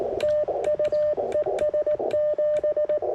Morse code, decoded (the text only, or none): TU ES 7